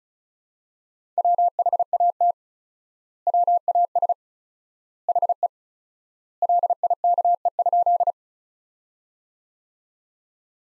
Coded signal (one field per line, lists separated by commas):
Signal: Morse code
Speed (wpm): 36 wpm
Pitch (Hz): 700 Hz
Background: none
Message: WHAT WAS HE LIKE?